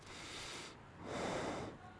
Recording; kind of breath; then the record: one breath in and out by a microphone near the nose and mouth; normal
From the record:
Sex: male